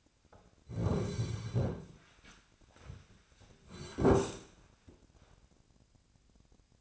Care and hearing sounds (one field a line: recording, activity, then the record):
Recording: daily activity, microphone in the room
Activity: sit down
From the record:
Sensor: 2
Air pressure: 1009.2 hPa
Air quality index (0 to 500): 170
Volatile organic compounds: 2 ppm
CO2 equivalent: 1243 ppm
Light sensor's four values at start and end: 43/114/47/53 and 41/112/46/52